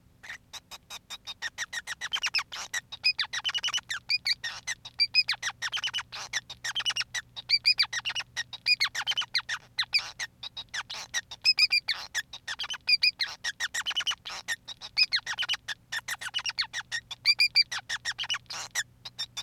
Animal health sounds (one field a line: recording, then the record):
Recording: song of a male Bengalese finch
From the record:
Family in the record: son of father 5